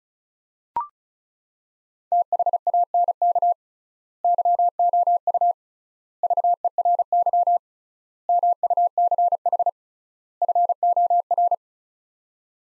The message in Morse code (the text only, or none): THANK YOU VERY MUCH FOR